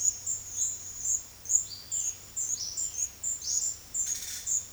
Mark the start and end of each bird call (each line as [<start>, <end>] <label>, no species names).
[1.66, 3.77] bird call
[4.06, 4.45] bird call